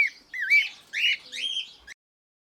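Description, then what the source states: Cockatiel calls, a few short, raspy, warbled squawks with wavering pitch, then silence. Pearl colour variety.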